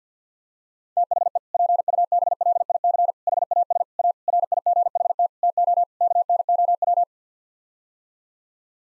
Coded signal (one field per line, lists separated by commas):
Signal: Morse code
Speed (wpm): 48 wpm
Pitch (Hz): 700 Hz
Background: none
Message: THE PUBLIC HAS A RIGHT TO KNOW